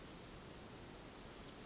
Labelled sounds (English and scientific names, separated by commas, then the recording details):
Pacific Wren (Troglodytes pacificus)
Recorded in Sonoma County, California